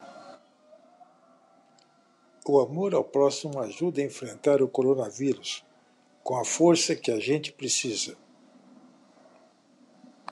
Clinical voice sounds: spoken sentence; Brazilian Portuguese; male; 70 to 79 years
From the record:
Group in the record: control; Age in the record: 77 years

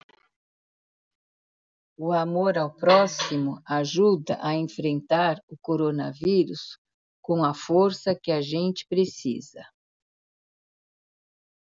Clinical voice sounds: spoken sentence; Brazilian Portuguese; female; 60 to 69 years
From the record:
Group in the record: control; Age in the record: 68 years

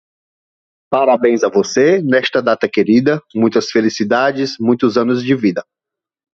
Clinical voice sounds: short text; Brazilian Portuguese; male; 40 to 49 years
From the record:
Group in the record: control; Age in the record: 40 years

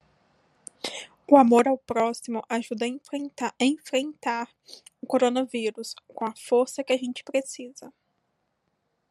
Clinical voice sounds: spoken sentence; Brazilian Portuguese; female; 20 to 29 years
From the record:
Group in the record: control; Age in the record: 28 years

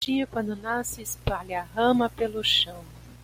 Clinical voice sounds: short text; Brazilian Portuguese; female; 60 to 69 years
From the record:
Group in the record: control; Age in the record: 65 years

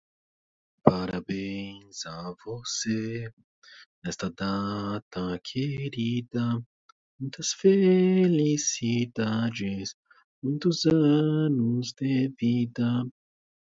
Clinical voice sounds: short text; Brazilian Portuguese; male; 30 to 39 years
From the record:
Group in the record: control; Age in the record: 33 years

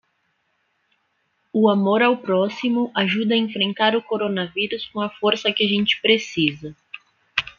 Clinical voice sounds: spoken sentence; Brazilian Portuguese; female; 30 to 39 years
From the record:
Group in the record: control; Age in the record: 30 years

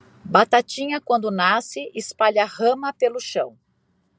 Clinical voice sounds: short text; Brazilian Portuguese; female; 50 to 59 years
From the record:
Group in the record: control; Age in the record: 53 years

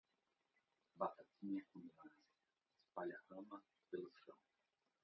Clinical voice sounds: short text; Brazilian Portuguese; male; 50 to 59 years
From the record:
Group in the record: control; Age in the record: 53 years

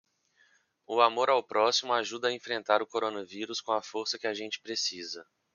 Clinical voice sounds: spoken sentence; Brazilian Portuguese; male; 30 to 39 years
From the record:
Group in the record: control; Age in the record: 34 years

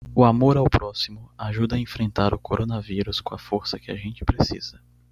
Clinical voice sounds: spoken sentence; Brazilian Portuguese; male; 20 to 29 years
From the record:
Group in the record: control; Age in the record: 22 years

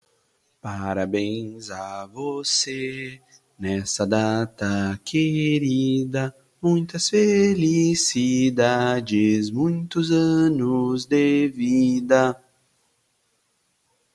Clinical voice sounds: short text; Brazilian Portuguese; male; 30 to 39 years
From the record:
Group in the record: control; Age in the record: 32 years

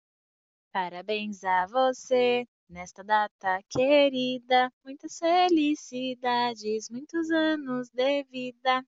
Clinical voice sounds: short text; Brazilian Portuguese; female; 20 to 29 years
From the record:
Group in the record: control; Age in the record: 25 years

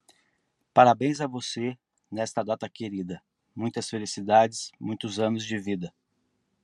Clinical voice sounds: short text; Brazilian Portuguese; male; 40 to 49 years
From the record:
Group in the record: control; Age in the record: 48 years

